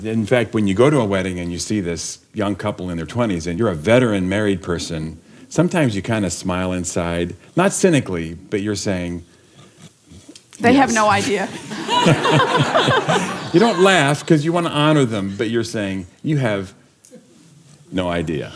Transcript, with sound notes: In fact, when you go to a wedding and you see this young couple in their twenties—and you’re a veteran married person—sometimes you kind of smile inside—not cynically—but you’re saying...
“They have no idea!” (laughter)
You don’t laugh, because you want to honor them, but you’re saying, "You have no idea!"